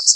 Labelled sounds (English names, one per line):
Common Yellowthroat flight call